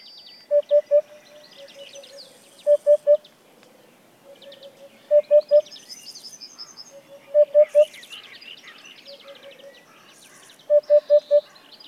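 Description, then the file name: Eurasian hoopoe hooting in five clear three-note phrases of soft, low 'oop' notes, a few quieter notes between, while other small birds sing busily in the background. "Huppe fasciee"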